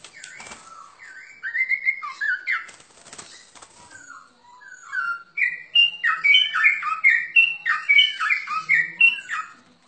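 Bird song of varied warbled phrases, becoming louder and more rapid in the second half, with a brief rustling noise early on.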